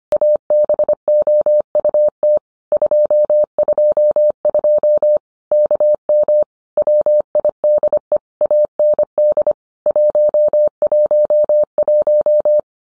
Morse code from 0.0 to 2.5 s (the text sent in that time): ABOUT